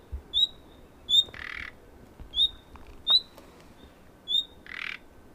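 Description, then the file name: Common nightingale calls: several clear, high whistles, twice followed by a short harsh rasping croak. "Luscinia megarhynchos"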